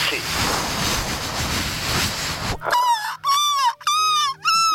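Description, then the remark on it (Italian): A man's voice mimics the sea with a long, steady hissing rush like breaking surf, then switches to four loud, high, warbling bird calls in quick succession. “Fai il mare tu, sì, gli uccelli.”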